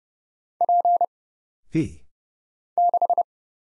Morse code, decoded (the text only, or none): P 6